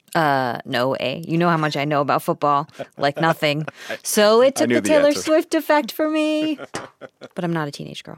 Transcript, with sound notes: No, A. You know how much I know about football, like nothing.
(Laughter) I knew the answer.
So it took the Taylor Swift effect for me, but I'm not a teenage girl.